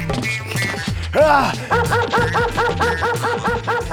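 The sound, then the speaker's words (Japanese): A dog that came running up and bit a person lets out a rising, whining yelp, then breaks into a quick, steady string of sharp, high-pitched barks, loud and insistent, with no voices alongside. “こら犬、 犬が 話すっす。 犬が 人を噛んではダメっすよ。”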